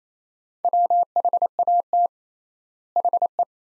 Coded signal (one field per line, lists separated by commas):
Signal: Morse code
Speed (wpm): 28 wpm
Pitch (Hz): 700 Hz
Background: none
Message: WHAT HE